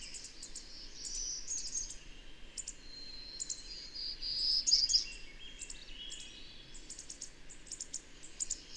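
Bird chirps, high clicking notes repeating rapidly, a louder warbled flourish midway, against a constant soft hiss.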